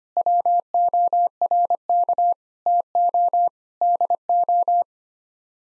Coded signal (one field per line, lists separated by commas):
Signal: Morse code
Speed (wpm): 25 wpm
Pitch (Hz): 700 Hz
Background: none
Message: WORK TO DO